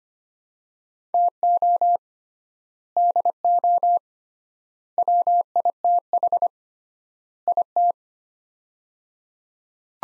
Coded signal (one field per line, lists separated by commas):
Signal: Morse code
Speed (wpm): 25 wpm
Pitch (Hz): 700 Hz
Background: none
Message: TO DO WITH IT